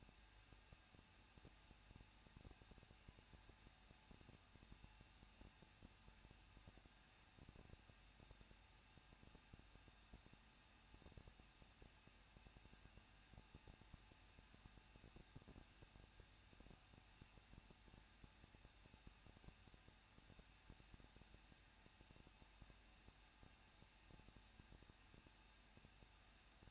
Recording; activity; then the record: daily activity, microphone in the room; no activity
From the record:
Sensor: 2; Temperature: 21.0 degrees Celsius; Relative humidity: 37.3%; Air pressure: 1006.3 hPa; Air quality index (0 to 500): 220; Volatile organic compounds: 23 ppm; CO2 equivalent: 2787 ppm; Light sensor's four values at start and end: 2/3/2/2 and 2/3/2/2